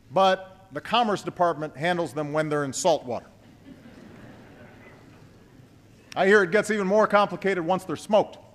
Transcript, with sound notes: but the Commerce Department handles them when they’re in saltwater. (Laughter.) I hear it gets even more complicated once they’re smoked.